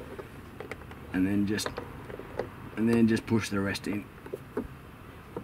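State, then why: Not seated. A plastic interior light lens is being fitted into its roof lining housing, tab first at the switch end, with the rest then pushed in, while someone talks. Small ticks and taps are heard around 0.6–0.9 s, 2.4 s, 4.3–4.6 s and 5.4 s. The lens has not snapped home or clicked into place yet.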